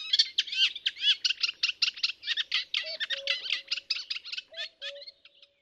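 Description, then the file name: Eurasian reed warbler song of rapid, scratchy chattering notes that slows and thins toward the end, while soft low tonal notes sound faintly beneath it. "Rousserolle effarvatte"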